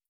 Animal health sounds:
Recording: hydrophone in a shrimp aquaculture tank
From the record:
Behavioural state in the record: starved

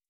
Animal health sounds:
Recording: hydrophone in a shrimp aquaculture tank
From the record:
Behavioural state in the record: starved

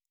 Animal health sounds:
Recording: hydrophone in a shrimp aquaculture tank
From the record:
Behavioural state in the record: normal

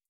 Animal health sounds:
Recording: hydrophone in a shrimp aquaculture tank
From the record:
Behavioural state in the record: starved

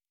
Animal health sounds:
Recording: hydrophone in a shrimp aquaculture tank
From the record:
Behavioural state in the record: normal

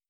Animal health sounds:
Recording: hydrophone in a shrimp aquaculture tank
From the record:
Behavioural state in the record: starved

